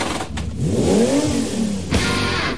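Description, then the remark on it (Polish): The 632-horsepower, over 6.5-litre twin-turbo V12 engine of a Rolls-Royce Wraith revs hard, its pitch sweeping up and then falling back in a loud, smooth arc, followed by a brief sharp burst and a steady rumble. “Klasyczny silnik V12 wyposażony w 2 turbosprężarki.”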